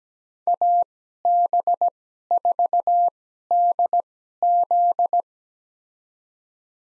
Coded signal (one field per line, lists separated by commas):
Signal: Morse code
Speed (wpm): 17 wpm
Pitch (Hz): 700 Hz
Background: none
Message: AB4DZ